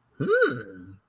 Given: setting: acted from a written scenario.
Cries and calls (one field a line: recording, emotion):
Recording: vocal sound without words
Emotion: interest